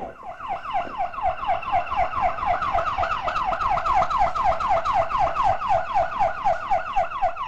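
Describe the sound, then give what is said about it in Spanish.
The siren of an arriving ambulance carrying a stretcher yelps continuously, its pitch sweeping rapidly up and down in a fast, even cycle. It stays loud and steady throughout, with no voices. “al rato volvió con la ambulancia, que traía una camilla para poder bajar bien al papá de Janina”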